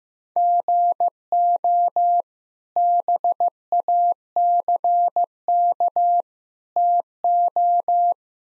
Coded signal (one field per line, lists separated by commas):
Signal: Morse code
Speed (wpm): 15 wpm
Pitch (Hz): 700 Hz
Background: none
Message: GO BACK TO